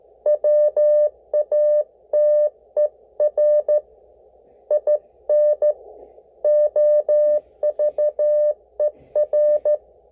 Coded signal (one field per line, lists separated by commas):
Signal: Morse code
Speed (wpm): 14 wpm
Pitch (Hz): 600 Hz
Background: none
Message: WATER IN OVER